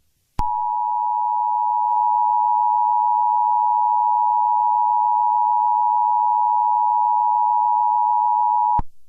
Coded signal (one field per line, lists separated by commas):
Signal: Emergency Alert System (SAME) tones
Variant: 853 and 960 Hz attention tone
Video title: EAS Scenario #10: Barney Error